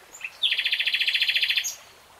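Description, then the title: Nightingale song phrase: a short chirp, then a loud fast trill of many evenly repeated notes lasting just over a second, ending in a thin whistle. Nightingale singing in real time. "[Tiếng chim hót] 3 Hours REALTIME Nightingale Singing"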